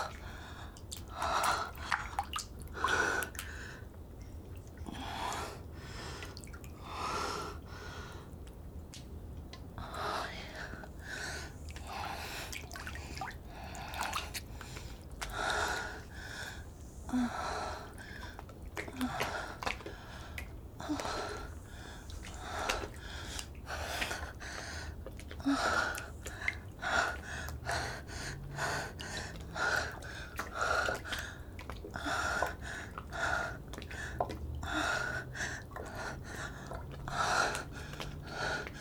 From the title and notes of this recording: In that crossover point in time when some creatures are settling down for the evening and some are just waking up, Jungle JuJu sinks into her outdoor hot tub. These twilight calls soon become the backing track to the sounds of the water lapping.